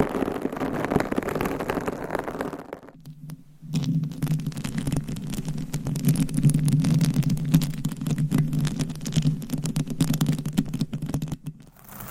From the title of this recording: Mic Scratching Battle with 100 Different MICS ! Bare VS Foam VS Fluffy Covers